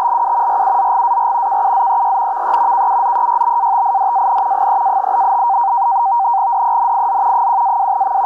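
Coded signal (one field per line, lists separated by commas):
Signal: NAVTEX (SITOR-B)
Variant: 100 baud SITOR-B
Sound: continuous fast warbling two-tone chatter around 900 Hz over steady hiss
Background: radio static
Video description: Transmitindo no sistema SITOR-B boletins meteorológicos em turco e inglês para embarcações.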